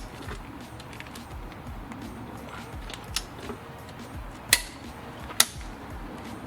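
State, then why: Torque reached. A click-type torque wrench set to 163 ft-lb tightens the threadlocker-coated crankshaft pulley bolt into the crankshaft of an F20B engine in a 1993 Honda Accord Coupe H22 CB7 build, with the pulley wedged in place. After a few faint ratcheting taps, the wrench gives two sharp clicks at 4.5 s and 5.4 s, confirming the bolt is torqued in.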